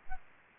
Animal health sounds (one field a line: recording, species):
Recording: mosquito wingbeat signal from an infrared sensor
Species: Aedes aegypti